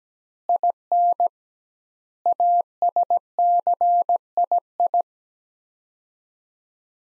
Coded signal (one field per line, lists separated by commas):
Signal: Morse code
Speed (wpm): 17 wpm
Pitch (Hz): 700 Hz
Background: none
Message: IN ASCII